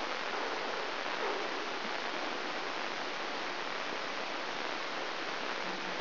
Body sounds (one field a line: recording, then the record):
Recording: brain microelectrode recording played as sound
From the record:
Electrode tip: inside the subthalamic nucleus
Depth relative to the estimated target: 0 mm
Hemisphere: left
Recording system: AlphaMap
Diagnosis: Parkinson's disease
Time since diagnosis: 20 years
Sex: female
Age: 65 years